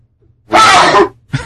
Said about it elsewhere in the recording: This was the sneeze. It's right into the mic. I was like trying not to sneeze, and then it just fucking forced itself out.